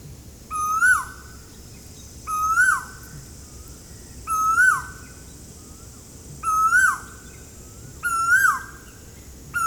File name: Asian Koel Eudynamys scolopaceus from Ezhimala Kannur Kerala